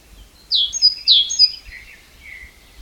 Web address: SETE Parus major